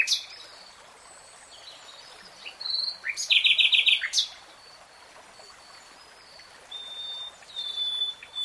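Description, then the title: Nightingale song: a sharp opening note, then a fast rattling burst of repeated clicks, followed by pure sustained whistles and softer phrases. Singing in real time. "[Tiếng chim hót] 3 Hours REALTIME Nightingale Singing"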